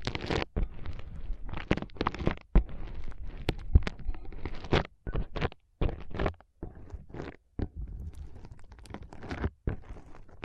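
A foam massage in dense, crackling bursts, sharp squishy rubs repeating irregularly over low muffled rumbling, with brief silent gaps between strokes.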